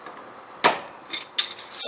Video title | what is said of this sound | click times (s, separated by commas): How to remove a John Deere(or other) riding mower wheel that has rusted into place on the axle | There you go, and it clicked in nicely. | 1.4 s